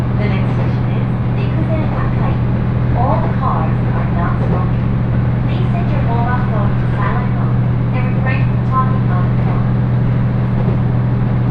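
Riding the HB-E210 hybrid diesel train on the Senseki-Tohoku Line rapid service, a steady low engine drone and rumble run unbroken throughout. Passengers' voices chatter on and off over it, clustering between about three and nine seconds.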